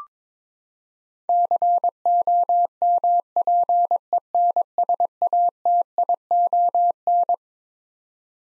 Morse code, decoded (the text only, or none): COMPENSATION